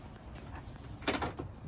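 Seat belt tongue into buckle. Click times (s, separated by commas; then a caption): 1.1 s. A seat belt tongue is pushed into its buckle in a 2017 Chrysler Pacifica VMI Northstar wheelchair van conversion, with a Pride Mobility Jazzy 600 electric wheelchair. Over a low background hum, a sharp metallic click sounds at 1.1 s, followed by smaller clicks and rattles. The buckle latches and the belt is seated.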